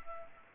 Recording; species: mosquito wingbeat signal from an infrared sensor; Culex pipiens